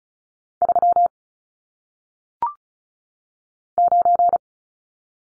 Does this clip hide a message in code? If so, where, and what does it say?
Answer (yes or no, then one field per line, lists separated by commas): yes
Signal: Morse code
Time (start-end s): 0.6-4.4 s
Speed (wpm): 36 wpm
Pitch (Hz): 700 Hz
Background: none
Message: 3 9